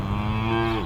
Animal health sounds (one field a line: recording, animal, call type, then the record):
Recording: contact call of a hoofed animal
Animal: cattle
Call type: low-frequency (closed-mouth) or high-frequency (open-mouth) call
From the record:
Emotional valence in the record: negative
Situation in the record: full separation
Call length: 0.86 s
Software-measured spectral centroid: 1620 Hz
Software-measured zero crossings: 1190 a second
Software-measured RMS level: -24 dBFS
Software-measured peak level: -10 dBFS